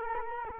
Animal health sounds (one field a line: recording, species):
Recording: mosquito wingbeat signal from an infrared sensor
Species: Culex quinquefasciatus